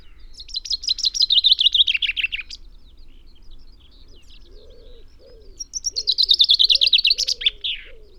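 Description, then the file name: Common chaffinch delivering two fast, falling rattled phrases with an end flourish; soft low coos of another bird start in the gap and continue through the second song. "Fringilla coelebs"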